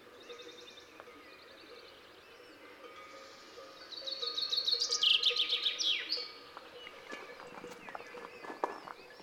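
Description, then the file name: Common chaffinch song, one rattling descending phrase closing with a bright flourish, preceded and followed by faint scattered bird notes over a low background hum. "Fringilla coelebs"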